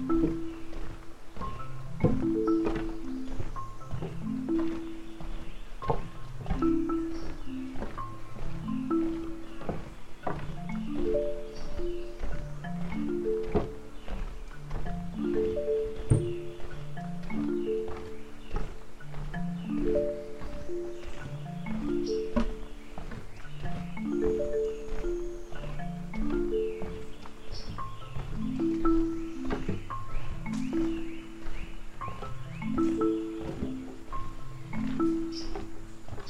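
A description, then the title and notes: Wetland sounds from Corkscrew Swamp: a low, tonal call pattern repeats about every two to three seconds, each phrase stepping through several pitches. The cycle stays steady for the whole stretch, with faint higher chirps and a soft hiss underneath. The Corkscrew Swamp Sanctuary boardwalk leads visitors through a gentle and pristine wetland wilderness.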